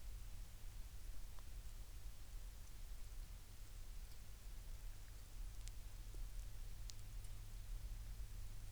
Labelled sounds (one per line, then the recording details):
wind
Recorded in the Prudhoe Bay oil fields, Alaska, on 11 May 2019 at 17:23
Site 21